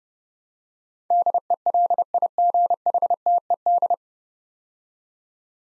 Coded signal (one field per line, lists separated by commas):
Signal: Morse code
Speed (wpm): 28 wpm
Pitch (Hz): 700 Hz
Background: none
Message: DELIGHTED